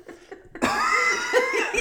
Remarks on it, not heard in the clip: I think I inhaled some of the cinnamon. You're coughing.